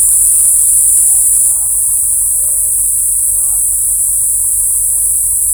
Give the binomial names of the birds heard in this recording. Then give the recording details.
none. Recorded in forest near Pivijay, Magdalena, Colombia, on 2 June 2023 at 13:00. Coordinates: 10.467, -74.380. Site Z5-G034